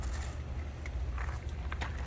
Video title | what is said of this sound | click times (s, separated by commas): Easily Grease Bearings OR Change Your Trailer Tire | like that and it kind of makes like a little clicking sound and then um you want to | 0.9 s, 1.7 s